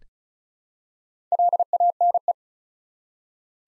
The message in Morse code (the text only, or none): LANE